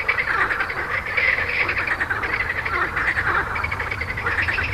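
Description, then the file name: Frogs croaking together, a thick mass of rattling pulsed calls. "grenouilles"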